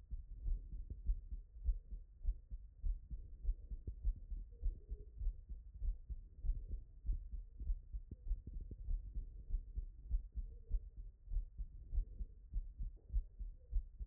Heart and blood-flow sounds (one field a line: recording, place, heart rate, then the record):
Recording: heart sounds by stethoscope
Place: Erb's point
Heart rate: 94 bpm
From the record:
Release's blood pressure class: normal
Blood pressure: 117/65 mmHg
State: after exercise